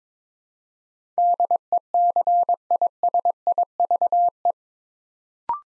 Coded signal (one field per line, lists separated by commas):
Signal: Morse code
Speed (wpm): 21 wpm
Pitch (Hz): 700 Hz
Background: none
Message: DECISIVE